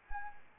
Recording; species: mosquito wingbeat signal from an infrared sensor; Anopheles arabiensis